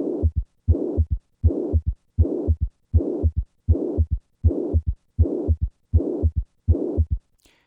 The sound of severe mitral regurgitation begin with a third heart sound and then add the murmur.